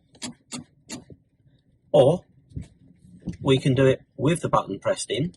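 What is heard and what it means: A manual car's handbrake lever in the centre console is raised without pressing the release button, so its ratchet pawl clicks over the teeth, with clicks at 0.2 s and 1.1 s. The lever is held in the applied position, and then someone talks.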